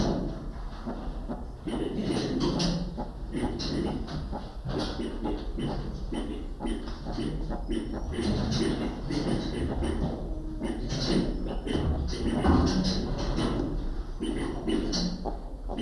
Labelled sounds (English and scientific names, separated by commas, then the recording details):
Northern Greater Galago (Otolemur garnettii) call
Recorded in captivity
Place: Primatenstation Kassel, Hessen, DE
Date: 1995-09-24 14:34
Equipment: Sony WM-D6C, Sennheiser ME 80, Kopie Uher 4000 Report Monitor
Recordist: Tembrock, Günter